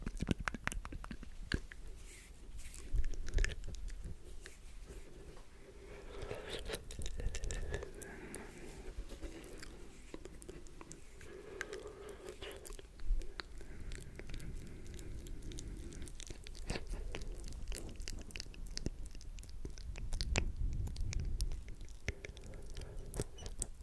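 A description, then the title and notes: Wet mouth sounds fill the clip: a dense stream of sharp clicks, smacks and chewing-like pops, irregular but nearly constant throughout. A soft low hum sits underneath. ASMR Mouth Sounds.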